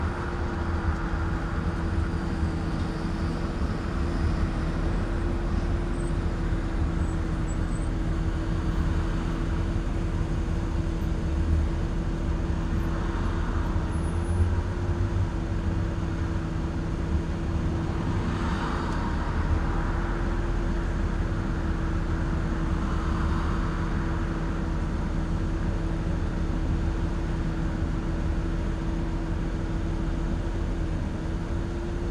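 A car drives along with a steady engine drone and a constant mid-pitched whine running through the whole stretch. Road rumble stays low and dense, and soft swells of passing air or nearby traffic come around 13, 18 and 23 seconds.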